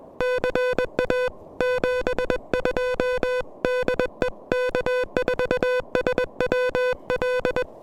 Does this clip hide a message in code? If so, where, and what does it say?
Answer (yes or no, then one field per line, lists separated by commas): yes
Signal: Morse code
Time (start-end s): 0.2-7.6 s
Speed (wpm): 20 wpm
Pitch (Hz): 500 Hz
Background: none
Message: CA 72 DE K4SWL